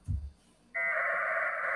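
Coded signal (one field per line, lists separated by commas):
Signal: packet radio (AX.25, as in APRS)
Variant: 1200 baud AFSK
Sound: a short low thump, then a continuous raspy buzzing data burst for about one second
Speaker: jeff's node transmitting back that's that's that raspy sound is the audio tones so i connected right to jeff the first try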